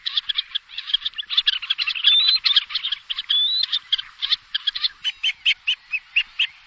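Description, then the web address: Black-necked grebe song: a long, rapid pulsing trill of high notes with rising whistled squeaks mixed in, then slower evenly spaced pulses toward the end. "jean roche grebe a cou noir"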